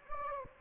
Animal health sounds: mosquito wingbeat signal from an infrared sensor; Anopheles gambiae

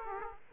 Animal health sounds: mosquito wingbeat signal from an infrared sensor; Aedes aegypti

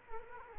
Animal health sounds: mosquito wingbeat signal from an infrared sensor; Culex quinquefasciatus

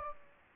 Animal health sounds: mosquito wingbeat signal from an infrared sensor; Anopheles gambiae

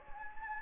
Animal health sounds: mosquito wingbeat signal from an infrared sensor; Anopheles gambiae

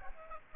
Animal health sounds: mosquito wingbeat signal from an infrared sensor; Aedes aegypti

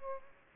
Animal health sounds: mosquito wingbeat signal from an infrared sensor; Aedes albopictus

